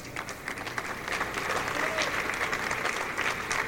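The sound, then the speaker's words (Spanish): An audience breaks into sustained applause for communications chief Tania Díaz at a meeting of popular communicators in Caracas, Venezuela, a dense wash of clapping that swells after the first second and holds steady and fairly loud until the end. “hemos realizado desde el comando de campaña dirigido por nuestra jefa de comunicación, Tania Díaz, que le doy un gran aplauso.”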